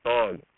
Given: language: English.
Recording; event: throat vibration sensor signal played as sound; speech